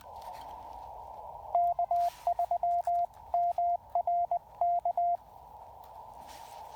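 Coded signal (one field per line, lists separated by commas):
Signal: Morse code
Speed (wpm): 18 wpm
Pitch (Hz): 690 Hz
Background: radio noise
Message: K3MRK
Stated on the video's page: CW Parks on the Air activation at Lake James with a Yaesu FT-817ND and no antenna tuner.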